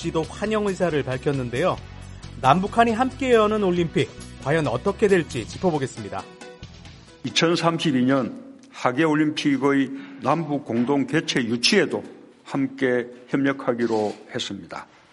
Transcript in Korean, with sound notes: 도 환영 의사를 밝혔는데요. 남북한이 함께 여는 올림픽, 과연 어떻게 될지 짚어보겠습니다. [녹취: 문재인 대통령] “2032년 하계올림픽의 남북 공동개최 유치에도 함께 협력하기로 했습니다.”